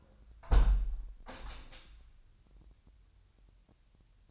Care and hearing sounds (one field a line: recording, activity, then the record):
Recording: daily activity, microphone in the room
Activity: close window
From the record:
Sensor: 2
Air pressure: 997.9 hPa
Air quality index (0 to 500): 141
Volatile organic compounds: 4 ppm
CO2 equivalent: 1592 ppm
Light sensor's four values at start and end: 10/31/12/12 and 10/31/12/12